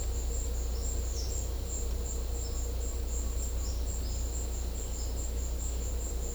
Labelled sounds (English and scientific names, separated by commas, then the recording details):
none
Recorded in secondary vegetation near Puerto Asís, Putumayo, Colombia, on 16 December 2024 at 13:30
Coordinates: 0.500, -76.326
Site G065